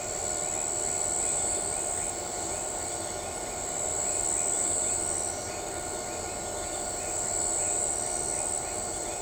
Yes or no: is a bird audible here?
no